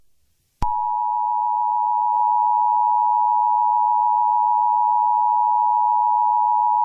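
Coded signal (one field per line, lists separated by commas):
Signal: Emergency Alert System (SAME) tones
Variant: 853 and 960 Hz attention tone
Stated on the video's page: Fictional EAS scenario.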